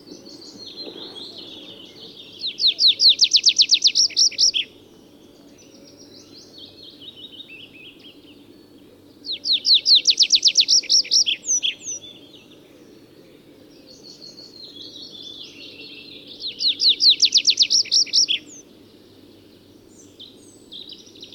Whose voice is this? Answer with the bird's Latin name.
Anthus trivialis